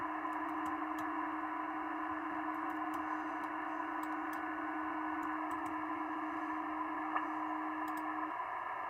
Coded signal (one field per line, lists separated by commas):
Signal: PSK31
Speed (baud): 31.25 baud